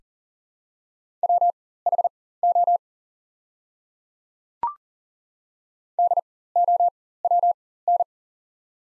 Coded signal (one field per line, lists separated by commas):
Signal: Morse code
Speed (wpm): 39 wpm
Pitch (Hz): 700 Hz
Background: none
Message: WHO DOWN